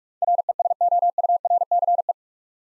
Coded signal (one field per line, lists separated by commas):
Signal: Morse code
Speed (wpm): 46 wpm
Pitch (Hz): 700 Hz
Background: none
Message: RESOURCE